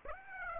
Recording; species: mosquito wingbeat signal from an infrared sensor; Aedes aegypti